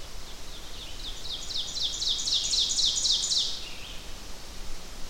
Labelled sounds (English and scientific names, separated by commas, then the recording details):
Ovenbird (Seiurus aurocapilla) song
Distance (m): 25 m
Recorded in boreal forest in Alberta, Canada, on 12 June 2016 at 07:07
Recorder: SongMeter 3, array SBT-3-18
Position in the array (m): 240 m, 83 m
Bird 31